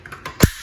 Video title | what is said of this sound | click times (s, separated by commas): Installing Blinds- DIY- Easy Install | so it seems to be in you'll hear that click | 0.4 s